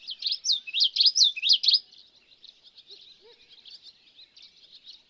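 Bird song, a quick run of sharp looping whistled notes for two seconds, then fainter chattering notes, with two soft low calls midway.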